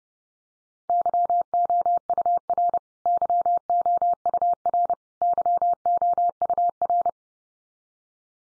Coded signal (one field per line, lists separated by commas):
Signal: Morse code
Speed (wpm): 28 wpm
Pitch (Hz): 700 Hz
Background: none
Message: YOUR YOUR YOUR